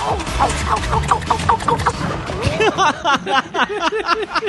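Chickens cluck in a steady, busy stream of short, rising, mid-pitched calls that overlap and repeat quickly, growing more agitated and dense toward the end, with no one talking.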